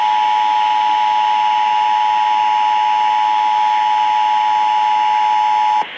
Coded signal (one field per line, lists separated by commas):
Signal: Emergency Alert System (SAME) tones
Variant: 853 and 960 Hz attention tone